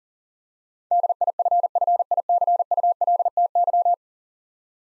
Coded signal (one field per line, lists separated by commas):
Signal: Morse code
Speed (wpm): 40 wpm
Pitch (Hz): 700 Hz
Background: none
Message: DIFFICULTY